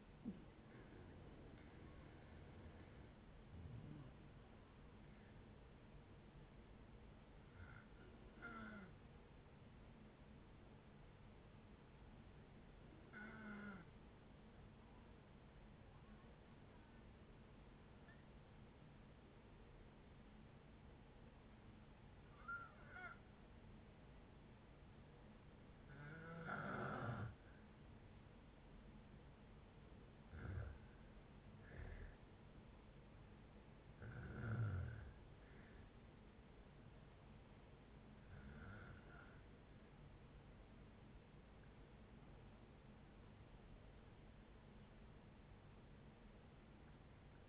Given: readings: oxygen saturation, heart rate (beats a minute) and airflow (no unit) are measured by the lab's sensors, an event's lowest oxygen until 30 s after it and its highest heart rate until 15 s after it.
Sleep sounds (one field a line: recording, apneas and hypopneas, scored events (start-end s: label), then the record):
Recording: a person awake in a sleep study, by a voice recorder at the bedside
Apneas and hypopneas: none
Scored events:
0.00-47.49 s: awake
0.00-47.49 s: awake
From the record:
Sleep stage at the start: awake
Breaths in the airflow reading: 19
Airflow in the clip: -0.7 to 0.7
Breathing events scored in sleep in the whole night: 496 in 5.4 hours asleep